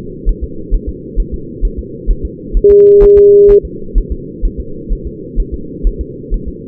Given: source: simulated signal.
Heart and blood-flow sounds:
fetal heart sounds
0.29 s: S1
0.44 s: S2
0.74 s: S1
0.89 s: S2
1.20 s: S1
1.34 s: S2
1.65 s: S1
1.79 s: S2
2.11 s: S1
2.25 s: S2
2.57 s: S1
2.71 s: S2
3.03 s: S1
3.18 s: S2
3.51 s: S1
3.65 s: S2
3.98 s: S1
4.12 s: S2
4.45 s: S1
4.60 s: S2
4.93 s: S1
5.07 s: S2
5.40 s: S1
5.54 s: S2
5.87 s: S1
6.01 s: S2
6.34 s: S1
6.48 s: S2
From the record:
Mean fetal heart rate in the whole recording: 130 bpm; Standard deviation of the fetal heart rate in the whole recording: 4 bpm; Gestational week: 38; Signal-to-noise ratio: -4.3 dB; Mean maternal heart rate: 72 bpm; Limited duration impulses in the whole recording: present

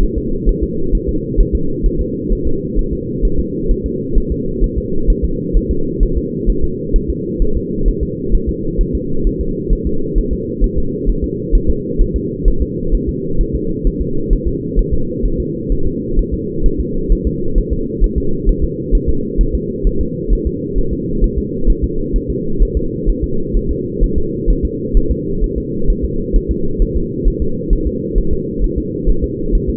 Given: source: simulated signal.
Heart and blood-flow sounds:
fetal heart sounds
0.03 s: S1
0.18 s: S2
0.49 s: S1
0.64 s: S2
0.95 s: S1
1.09 s: S2
1.40 s: S1
1.55 s: S2
1.86 s: S1
2.01 s: S2
2.32 s: S1
2.47 s: S2
2.79 s: S1
2.93 s: S2
3.25 s: S1
3.40 s: S2
3.71 s: S1
3.86 s: S2
4.18 s: S1
4.32 s: S2
4.64 s: S1
4.78 s: S2
5.10 s: S1
5.25 s: S2
5.57 s: S1
5.71 s: S2
6.03 s: S1
6.17 s: S2
6.50 s: S1
6.64 s: S2
6.96 s: S1
7.10 s: S2
7.42 s: S1
7.57 s: S2
7.88 s: S1
8.03 s: S2
8.35 s: S1
8.49 s: S2
8.81 s: S1
8.95 s: S2
9.27 s: S1
9.41 s: S2
9.73 s: S1
9.87 s: S2
10.18 s: S1
10.33 s: S2
10.64 s: S1
10.78 s: S2
11.09 s: S1
11.24 s: S2
11.55 s: S1
11.70 s: S2
12.01 s: S1
12.16 s: S2
12.48 s: S1
12.62 s: S2
12.95 s: S1
13.09 s: S2
13.41 s: S1
13.55 s: S2
13.87 s: S1
14.02 s: S2
14.33 s: S1
14.47 s: S2
14.79 s: S1
14.94 s: S2
15.26 s: S1
15.40 s: S2
15.72 s: S1
15.87 s: S2
16.19 s: S1
16.34 s: S2
16.66 s: S1
16.80 s: S2
17.12 s: S1
17.27 s: S2
17.58 s: S1
17.73 s: S2
18.04 s: S1
18.18 s: S2
18.49 s: S1
18.64 s: S2
18.95 s: S1
19.09 s: S2
19.41 s: S1
19.55 s: S2
19.87 s: S1
20.01 s: S2
20.33 s: S1
20.47 s: S2
20.78 s: S1
20.93 s: S2
21.24 s: S1
21.38 s: S2
21.70 s: S1
21.84 s: S2
22.16 s: S1
22.30 s: S2
22.62 s: S1
22.77 s: S2
23.09 s: S1
23.24 s: S2
23.57 s: S1
23.71 s: S2
24.04 s: S1
24.18 s: S2
24.50 s: S1
24.65 s: S2
24.97 s: S1
25.11 s: S2
25.44 s: S1
25.58 s: S2
25.90 s: S1
26.05 s: S2
26.36 s: S1
26.51 s: S2
26.82 s: S1
26.96 s: S2
27.28 s: S1
27.42 s: S2
27.73 s: S1
27.87 s: S2
28.18 s: S1
28.33 s: S2
28.64 s: S1
28.78 s: S2
29.09 s: S1
29.24 s: S2
29.55 s: S1
29.70 s: S2
From the record:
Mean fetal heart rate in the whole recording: 130 bpm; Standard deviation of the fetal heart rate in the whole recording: 2 bpm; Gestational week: 38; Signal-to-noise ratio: -8.1 dB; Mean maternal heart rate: 72 bpm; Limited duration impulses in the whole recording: absent

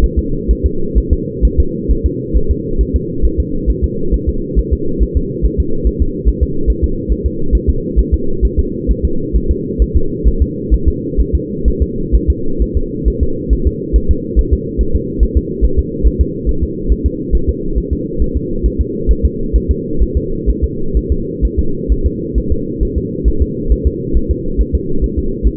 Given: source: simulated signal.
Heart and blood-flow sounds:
fetal heart sounds
0.04 s: S1
0.19 s: S2
0.51 s: S1
0.66 s: S2
0.98 s: S1
1.13 s: S2
1.45 s: S1
1.60 s: S2
1.91 s: S1
2.06 s: S2
2.37 s: S1
2.51 s: S2
2.81 s: S1
2.96 s: S2
3.25 s: S1
3.40 s: S2
3.70 s: S1
3.84 s: S2
4.14 s: S1
4.29 s: S2
4.59 s: S1
4.73 s: S2
5.03 s: S1
5.17 s: S2
5.45 s: S1
5.60 s: S2
5.87 s: S1
6.02 s: S2
6.29 s: S1
6.43 s: S2
6.70 s: S1
6.84 s: S2
7.12 s: S1
7.26 s: S2
7.55 s: S1
7.70 s: S2
7.99 s: S1
8.14 s: S2
8.45 s: S1
8.59 s: S2
8.91 s: S1
9.05 s: S2
9.36 s: S1
9.51 s: S2
9.82 s: S1
9.96 s: S2
10.28 s: S1
10.42 s: S2
10.74 s: S1
10.88 s: S2
11.21 s: S1
11.35 s: S2
11.68 s: S1
11.82 s: S2
12.15 s: S1
12.30 s: S2
12.62 s: S1
12.77 s: S2
13.08 s: S1
13.23 s: S2
13.53 s: S1
13.67 s: S2
13.96 s: S1
14.11 s: S2
14.39 s: S1
14.53 s: S2
14.81 s: S1
14.96 s: S2
15.23 s: S1
15.37 s: S2
15.65 s: S1
15.79 s: S2
16.07 s: S1
16.21 s: S2
16.49 s: S1
16.64 s: S2
16.92 s: S1
17.06 s: S2
17.35 s: S1
17.49 s: S2
17.78 s: S1
17.93 s: S2
18.22 s: S1
18.37 s: S2
18.66 s: S1
18.81 s: S2
19.11 s: S1
19.25 s: S2
19.56 s: S1
19.71 s: S2
20.02 s: S1
20.17 s: S2
20.50 s: S1
20.64 s: S2
20.97 s: S1
21.12 s: S2
21.45 s: S1
21.59 s: S2
21.92 s: S1
22.06 s: S2
22.38 s: S1
22.52 s: S2
22.83 s: S1
22.98 s: S2
23.28 s: S1
23.42 s: S2
23.72 s: S1
23.87 s: S2
24.17 s: S1
24.31 s: S2
24.61 s: S1
24.75 s: S2
25.04 s: S1
25.19 s: S2
25.47 s: S1
From the record:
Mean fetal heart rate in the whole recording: 135 bpm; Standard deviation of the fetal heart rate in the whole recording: 3 bpm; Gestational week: 34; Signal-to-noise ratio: -8.1 dB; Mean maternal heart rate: 72 bpm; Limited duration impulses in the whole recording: absent

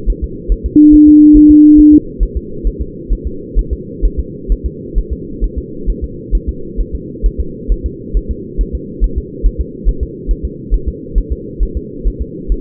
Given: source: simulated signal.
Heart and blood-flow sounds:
fetal heart sounds
0.10 s: S1
0.24 s: S2
0.52 s: S1
0.66 s: S2
0.94 s: S1
1.08 s: S2
1.37 s: S1
1.51 s: S2
1.79 s: S1
1.94 s: S2
2.23 s: S1
2.37 s: S2
2.67 s: S1
2.81 s: S2
3.12 s: S1
3.27 s: S2
3.59 s: S1
3.73 s: S2
4.05 s: S1
4.19 s: S2
4.52 s: S1
4.66 s: S2
4.98 s: S1
5.12 s: S2
5.44 s: S1
5.58 s: S2
5.90 s: S1
6.04 s: S2
6.35 s: S1
6.49 s: S2
6.81 s: S1
6.95 s: S2
7.26 s: S1
7.40 s: S2
7.72 s: S1
7.86 s: S2
8.17 s: S1
8.31 s: S2
8.61 s: S1
8.75 s: S2
9.04 s: S1
9.18 s: S2
9.46 s: S1
9.60 s: S2
9.88 s: S1
10.03 s: S2
10.31 s: S1
10.45 s: S2
10.74 s: S1
10.88 s: S2
11.18 s: S1
11.32 s: S2
11.63 s: S1
11.77 s: S2
12.07 s: S1
12.22 s: S2
12.52 s: S1
From the record:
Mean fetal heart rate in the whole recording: 135 bpm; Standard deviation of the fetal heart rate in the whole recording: 3 bpm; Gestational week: 36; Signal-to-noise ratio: -4.3 dB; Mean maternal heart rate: 72 bpm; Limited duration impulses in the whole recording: present

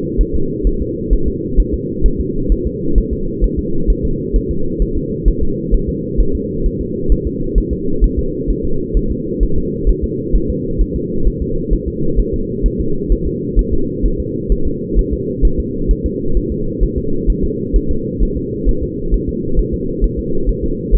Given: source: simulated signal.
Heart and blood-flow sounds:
fetal heart sounds
0.21 s: S1
0.35 s: S2
0.67 s: S1
0.82 s: S2
1.13 s: S1
1.28 s: S2
1.60 s: S1
1.74 s: S2
2.06 s: S1
2.20 s: S2
2.52 s: S1
2.67 s: S2
2.98 s: S1
3.13 s: S2
3.44 s: S1
3.59 s: S2
3.90 s: S1
4.05 s: S2
4.36 s: S1
4.51 s: S2
4.82 s: S1
4.97 s: S2
5.28 s: S1
5.43 s: S2
5.74 s: S1
5.89 s: S2
6.20 s: S1
6.35 s: S2
6.66 s: S1
6.81 s: S2
7.12 s: S1
7.27 s: S2
7.58 s: S1
7.73 s: S2
8.04 s: S1
8.19 s: S2
8.50 s: S1
8.65 s: S2
8.97 s: S1
9.12 s: S2
9.43 s: S1
9.58 s: S2
9.90 s: S1
10.04 s: S2
10.35 s: S1
10.50 s: S2
10.81 s: S1
10.96 s: S2
11.27 s: S1
11.42 s: S2
11.73 s: S1
11.88 s: S2
12.20 s: S1
12.34 s: S2
12.66 s: S1
12.81 s: S2
13.12 s: S1
13.27 s: S2
13.59 s: S1
13.73 s: S2
14.06 s: S1
14.20 s: S2
14.52 s: S1
14.67 s: S2
14.99 s: S1
15.13 s: S2
15.45 s: S1
15.60 s: S2
15.91 s: S1
16.06 s: S2
16.37 s: S1
16.52 s: S2
16.83 s: S1
16.98 s: S2
17.30 s: S1
17.44 s: S2
17.76 s: S1
17.91 s: S2
18.23 s: S1
18.37 s: S2
18.69 s: S1
18.83 s: S2
19.14 s: S1
19.29 s: S2
19.59 s: S1
19.74 s: S2
20.04 s: S1
20.19 s: S2
20.49 s: S1
20.64 s: S2
20.95 s: S1
From the record:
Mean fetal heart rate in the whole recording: 130 bpm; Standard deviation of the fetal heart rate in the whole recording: 2 bpm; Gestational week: 36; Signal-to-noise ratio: -8.1 dB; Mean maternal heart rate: 72 bpm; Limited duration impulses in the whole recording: absent

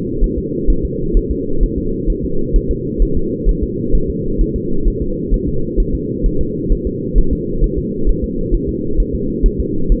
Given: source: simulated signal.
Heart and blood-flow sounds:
fetal heart sounds
0.24 s: S1
0.38 s: S2
0.70 s: S1
0.85 s: S2
1.17 s: S1
1.31 s: S2
1.63 s: S1
1.78 s: S2
2.10 s: S1
2.24 s: S2
2.56 s: S1
2.71 s: S2
3.02 s: S1
3.17 s: S2
3.49 s: S1
3.63 s: S2
3.95 s: S1
4.10 s: S2
4.41 s: S1
4.56 s: S2
4.88 s: S1
5.02 s: S2
5.34 s: S1
5.48 s: S2
5.80 s: S1
5.95 s: S2
6.26 s: S1
6.41 s: S2
6.72 s: S1
6.87 s: S2
7.18 s: S1
7.33 s: S2
7.64 s: S1
7.78 s: S2
8.09 s: S1
8.24 s: S2
8.54 s: S1
8.69 s: S2
9.00 s: S1
9.15 s: S2
9.46 s: S1
9.60 s: S2
9.92 s: S1
From the record:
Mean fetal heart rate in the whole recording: 130 bpm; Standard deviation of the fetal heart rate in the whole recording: 4 bpm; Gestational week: 38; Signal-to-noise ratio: -8.1 dB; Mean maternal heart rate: 72 bpm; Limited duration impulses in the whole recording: absent

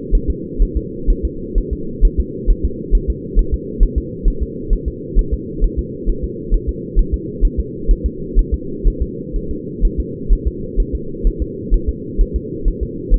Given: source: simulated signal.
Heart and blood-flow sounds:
fetal heart sounds
0.15 s: S1
0.30 s: S2
0.62 s: S1
0.77 s: S2
1.10 s: S1
1.25 s: S2
1.58 s: S1
1.73 s: S2
2.05 s: S1
2.20 s: S2
2.50 s: S1
2.65 s: S2
2.95 s: S1
3.10 s: S2
3.39 s: S1
3.54 s: S2
3.83 s: S1
3.98 s: S2
4.28 s: S1
4.43 s: S2
4.73 s: S1
4.88 s: S2
5.19 s: S1
5.34 s: S2
5.64 s: S1
5.79 s: S2
6.09 s: S1
6.24 s: S2
6.54 s: S1
6.69 s: S2
6.99 s: S1
7.14 s: S2
7.45 s: S1
7.59 s: S2
7.91 s: S1
8.06 s: S2
8.39 s: S1
8.54 s: S2
8.88 s: S1
9.02 s: S2
9.36 s: S1
9.51 s: S2
9.85 s: S1
10.00 s: S2
10.33 s: S1
10.47 s: S2
10.80 s: S1
10.95 s: S2
11.27 s: S1
11.42 s: S2
11.74 s: S1
11.89 s: S2
12.21 s: S1
12.36 s: S2
12.68 s: S1
12.83 s: S2
13.14 s: S1
From the record:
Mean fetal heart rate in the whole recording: 130 bpm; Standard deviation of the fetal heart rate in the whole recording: 4 bpm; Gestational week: 38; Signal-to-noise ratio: -4.3 dB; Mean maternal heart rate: 72 bpm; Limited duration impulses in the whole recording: absent

